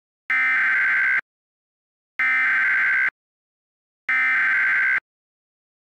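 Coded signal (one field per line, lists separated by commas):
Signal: Emergency Alert System (SAME) tones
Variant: header bursts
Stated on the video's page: Fictional EAS scenario that uses valid tones.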